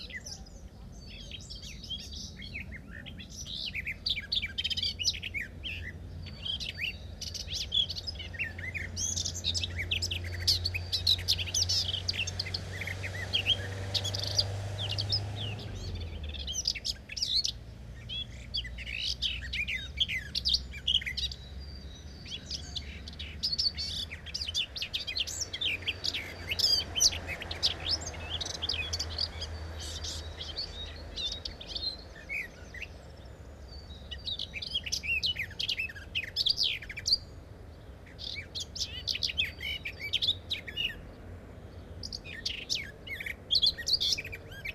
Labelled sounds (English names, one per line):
Common Whitethroat song